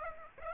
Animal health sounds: mosquito wingbeat signal from an infrared sensor; Aedes aegypti

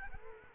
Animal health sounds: mosquito wingbeat signal from an infrared sensor; Culex quinquefasciatus

